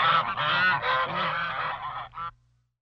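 Geese and ducks giving a loud burst of overlapping honks that ends abruptly after just over two seconds.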